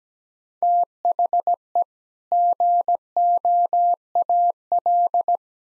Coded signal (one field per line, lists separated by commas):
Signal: Morse code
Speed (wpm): 17 wpm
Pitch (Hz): 700 Hz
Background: none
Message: THE GOAL